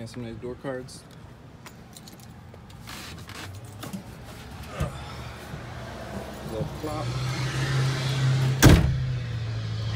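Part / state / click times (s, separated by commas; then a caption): vehicle door latch into door striker / seated / 8.6 s. Someone talks as the steel door of a 1992 Land Rover Defender D90 diesel 5-speed is shut, with a few faint clicks and rattles before it. At 8.6 s the door latch catches the striker with one loud thud-click, and the door is latched closed.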